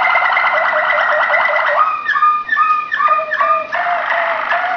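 Waterslager canary song: bubbling rolls, then clear whistled notes stepping between pitches, then rolling again, continuous and loud.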